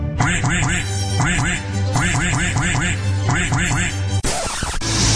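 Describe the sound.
A run of nasal duck quacks repeats in quick rhythmic bursts over a steady low hum, loud and continuous, breaking into a brief noisy rush near the end.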